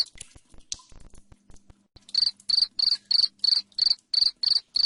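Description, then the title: Cricket, silent for two seconds apart from faint clicks, then starts a regular series of sharp high chirps. Loud cricket chirping ('jangkrik ngerik keras'), played to make lovebirds keep calling 'ngekek'. "Suara JANGKRIK NGERIK Keras Bikin LOVEBIRD Jadi NGEKEK Terus Vubey"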